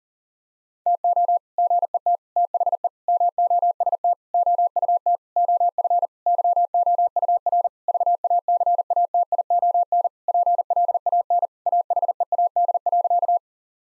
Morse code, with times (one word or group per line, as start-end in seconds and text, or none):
0.9-1.4 TO
1.6-2.2 GET
2.4-2.9 THE
3.1-4.1 MOST
4.3-5.2 OUT
5.4-6.1 OF
6.3-7.7 YOUR
7.9-10.1 VACATION
10.3-11.5 PLAN
11.7-13.4 AHEAD.